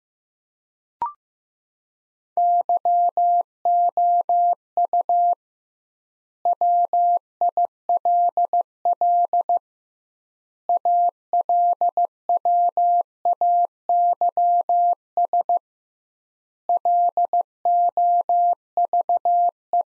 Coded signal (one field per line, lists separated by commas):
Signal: Morse code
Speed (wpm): 15 wpm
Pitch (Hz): 700 Hz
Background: none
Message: YOU WILL ALWAYS LOVE